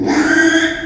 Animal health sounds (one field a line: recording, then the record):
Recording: squeal of a Yucatan mini pig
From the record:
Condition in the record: after surgery on the right vocal fold (resection and tissue-engineered implant)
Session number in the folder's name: 3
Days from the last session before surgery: 33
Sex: male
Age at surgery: 12 weeks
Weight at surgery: 13 kg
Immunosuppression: cyclosporine, prednisolone